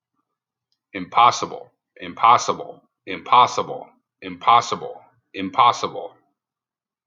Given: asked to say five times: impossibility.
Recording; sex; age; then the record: repeated word; male; 30 to 39 years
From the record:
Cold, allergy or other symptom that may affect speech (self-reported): no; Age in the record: 39 years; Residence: Pennsylvania, United States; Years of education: 12